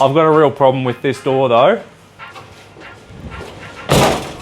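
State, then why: Not seated. Someone talks, then a worn steel door on an HJ45 Land Cruiser is swung shut and bangs once against the frame at about 3.9 s. It does not latch, because the door has no handle or latch mechanism inside; nothing has latched or clicked.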